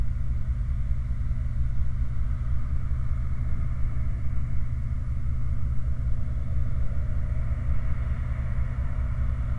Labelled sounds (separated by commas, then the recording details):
machinery, flare stack
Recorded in the Prudhoe Bay oil fields, Alaska, on 29 July 2019 at 05:55
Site 29